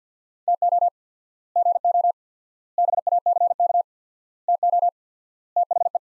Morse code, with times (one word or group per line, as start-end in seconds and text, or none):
0.5-0.9 TO
1.6-2.1 GO
2.8-3.8 BACK
4.5-4.9 TO
5.6-6.0 THE